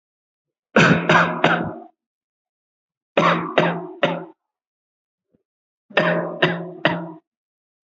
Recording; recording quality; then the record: shallow voluntary cough; excellent, no background noise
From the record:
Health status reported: healthy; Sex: male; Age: 30 years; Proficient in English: yes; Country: India